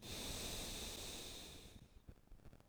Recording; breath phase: one breath near a microphone; exhalation